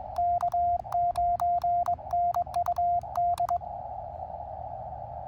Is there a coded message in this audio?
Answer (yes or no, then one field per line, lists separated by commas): yes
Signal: Morse code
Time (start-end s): 0.2-3.6 s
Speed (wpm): 21 wpm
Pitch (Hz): 700 Hz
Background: radio noise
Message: K9NUD